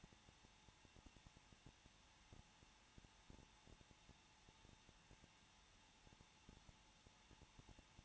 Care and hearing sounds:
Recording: daily activity, microphone in the room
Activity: no activity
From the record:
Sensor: 1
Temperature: 20.1 degrees Celsius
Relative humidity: 39.4%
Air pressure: 1006.3 hPa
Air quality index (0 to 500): 219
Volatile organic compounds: 83 ppm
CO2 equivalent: 3628 ppm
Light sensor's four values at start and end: 1/2/1/1 and 1/2/1/1

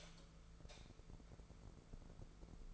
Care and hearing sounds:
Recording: daily activity, microphone in the room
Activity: light off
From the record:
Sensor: 5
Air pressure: 1014.7 hPa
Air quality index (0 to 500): 149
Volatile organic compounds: 4 ppm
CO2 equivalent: 1637 ppm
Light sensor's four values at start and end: 110/266/109/117 and 100/242/100/106

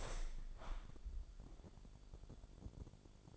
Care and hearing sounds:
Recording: daily activity, microphone in the room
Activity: open window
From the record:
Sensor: 5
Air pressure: 1006.6 hPa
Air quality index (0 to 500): 189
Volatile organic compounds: 5 ppm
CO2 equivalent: 1801 ppm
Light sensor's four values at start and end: 57/162/63/64 and 57/162/63/64

